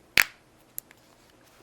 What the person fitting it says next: everything clicks into place